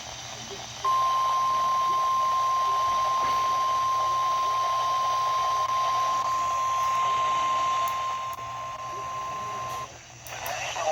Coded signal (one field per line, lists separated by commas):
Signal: Emergency Alert System (SAME) tones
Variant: 1050 Hz attention tone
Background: speech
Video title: never underestimate a marginal (eas alerts from June 5 2024)